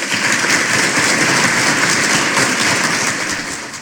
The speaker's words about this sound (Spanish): Y los aplausos no se hacen esperar cuando llega nuestro columnista estrella